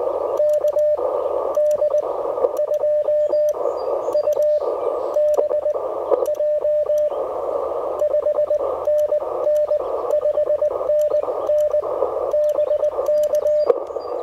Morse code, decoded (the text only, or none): KD2UBJ 5NN 5NN BK